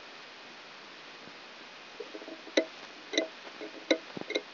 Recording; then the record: brain microelectrode recording played as sound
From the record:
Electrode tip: outside the subthalamic nucleus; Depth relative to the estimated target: -8 mm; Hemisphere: right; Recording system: AlphaMap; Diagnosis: Parkinson's disease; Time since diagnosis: 12 years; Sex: female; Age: 47 years